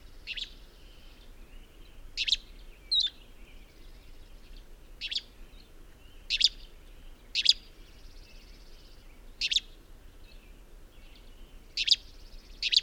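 Bird song made of bright, high chirps repeated at irregular gaps throughout, with a brief whistled note and soft hiss underneath.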